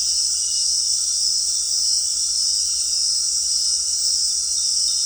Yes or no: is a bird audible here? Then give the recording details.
no. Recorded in dense forest near Puerto Asís, Putumayo, Colombia, on 13 March 2025 at 18:30. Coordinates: 0.499, -76.324. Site GP03